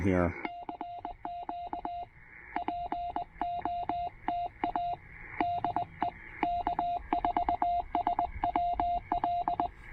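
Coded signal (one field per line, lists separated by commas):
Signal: Morse code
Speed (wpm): 20 wpm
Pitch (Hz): 700 Hz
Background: speech, radio noise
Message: E CQ POTA DE K4SWL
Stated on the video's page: QRP Parks on the Air activation using a TR-45L transceiver and two 28-foot wire antennas.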